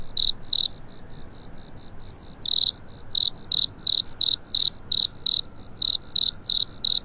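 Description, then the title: Cricket chirping, high and pulsed, two loud notes then soft ones, then a steady run of loud chirps about three per second. Cricket awakening on a spring night. "春夜里苏醒的蟋蟀"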